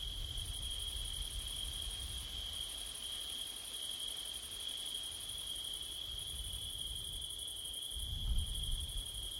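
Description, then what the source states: Crickets chirping in a steady continuous trill, a high pulsing band above it, with low rumbling wind gusts swelling near the end. Recorded on a September night with wind, using a Blumlein microphone pair.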